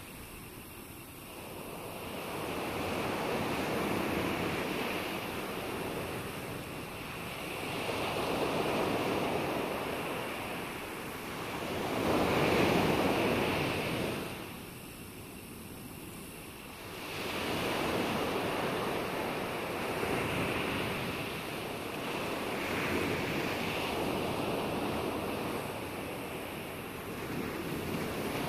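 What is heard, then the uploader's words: Waves crash close by in slow surges every few seconds, each swelling to a rushing roar and easing back, over steady wind noise. Waves Crashing.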